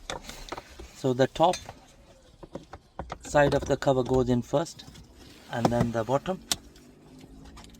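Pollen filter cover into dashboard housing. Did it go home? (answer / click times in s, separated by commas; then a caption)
yes / 7.6 s. A plastic pollen filter cover on a Chevrolet Aveo is fitted into its dashboard housing top side first, then the bottom is pushed in while someone talks. Small plastic taps and knocks sound during the fitting. The bottom clip engages with a sharp click at 7.6 s, and the cover is seated.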